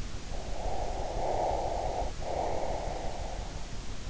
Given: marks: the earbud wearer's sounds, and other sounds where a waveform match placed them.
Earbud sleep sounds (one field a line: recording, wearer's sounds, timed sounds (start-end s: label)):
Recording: sounds in sleep by an in-ear microphone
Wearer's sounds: breath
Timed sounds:
0.49-3.59 s: breath